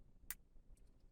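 During a heated steering wheel retrofit on a BMW 1 Series (E8X), the secondary lock on a plastic connector plug housing is pressed shut after wires are inserted into pins seven and nine. A single sharp click at 0.3 s is followed by a few faint, softer ticks. The connector lock snaps closed and is seated.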